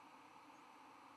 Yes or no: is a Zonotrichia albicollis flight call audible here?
no